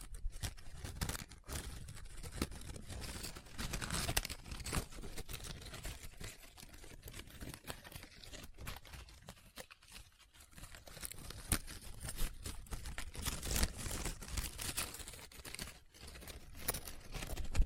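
Paper is handled up close, crinkled and rubbed in a dense, irregular stream of crackles and scratches. Sharp snaps punctuate a constant rustle, with busier bursts around 4 seconds and from 12 to 16 seconds, and a brief lull near 10 seconds.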